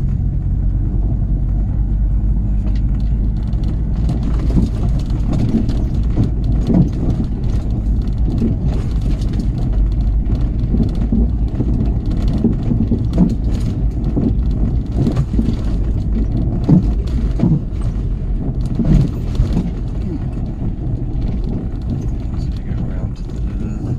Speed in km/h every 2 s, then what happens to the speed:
19, 21, 23, 21, 21, 21, 21, 21, 19, 16, 15, 13.
0-15 steady at about 21. 15-24 slows to 13.